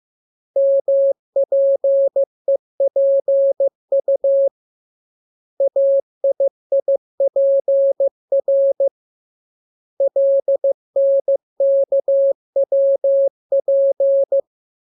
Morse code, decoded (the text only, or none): MPEPU AIIPR LNKWP